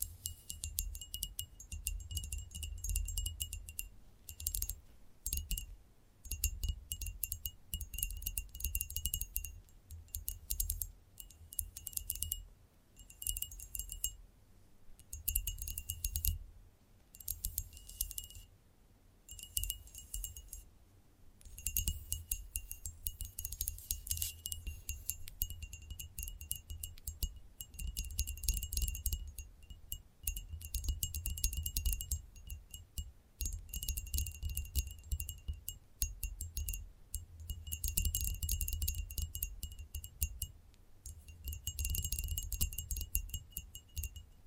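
Gentle tapping in dense, rapid bursts with a bright, chime-like ringing, broken by brief pauses, over a soft low rumble throughout.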